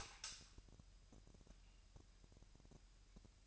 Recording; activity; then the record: daily activity, microphone in the room; light on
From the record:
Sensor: 2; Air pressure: 1001.8 hPa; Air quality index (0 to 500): 245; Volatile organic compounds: 34 ppm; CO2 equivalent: 3037 ppm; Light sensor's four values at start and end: 4/10/4/4 and 9/25/10/10